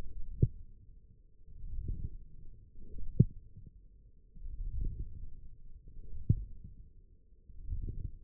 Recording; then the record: forearm muscle sounds (acoustic myography)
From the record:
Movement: forearm pronation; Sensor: system 1, eight BSWA MPA416 microphones around the upper forearm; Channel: 4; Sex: male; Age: 20 years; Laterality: left